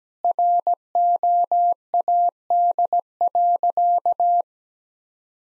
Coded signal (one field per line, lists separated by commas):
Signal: Morse code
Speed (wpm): 17 wpm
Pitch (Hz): 700 Hz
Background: none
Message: ROAD.